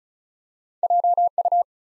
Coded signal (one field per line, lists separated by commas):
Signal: Morse code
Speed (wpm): 36 wpm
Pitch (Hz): 700 Hz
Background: none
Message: JU